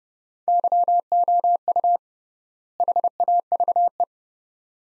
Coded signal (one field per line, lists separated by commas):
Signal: Morse code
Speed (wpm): 30 wpm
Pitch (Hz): 700 Hz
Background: none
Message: YOU HAVE